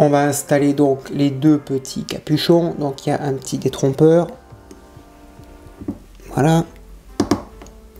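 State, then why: Seated. Someone talks over faint background music while building a 1/8 scale KITT Knight Rider Pontiac Firebird model car. The first of two small plastic caps is pressed into a part of the model. It clips in correctly, giving short, sharp plastic clicks at 7.2 and 7.3 seconds.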